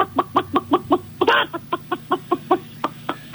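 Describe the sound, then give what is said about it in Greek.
A chicken clucks in a quick, steady run of about a dozen short, throaty clucks, broken early on by one louder, drawn-out squawk; no voices are heard. “Βρε καημένε, ένα διαφορετικό κακάρισμα δεν μπορούσε να κάνεις ότι έχει πολύ κόσμο.”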